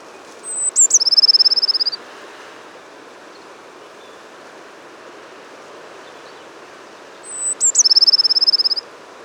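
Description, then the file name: Eurasian blue tit song: two phrases several seconds apart, each thin high notes followed by a fast ringing trill, over a steady background hiss. "Cyanistes caeruleus"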